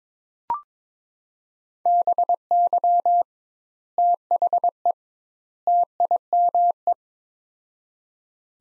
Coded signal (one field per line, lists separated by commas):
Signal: Morse code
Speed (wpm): 22 wpm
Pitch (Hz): 700 Hz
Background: none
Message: BY THE TIME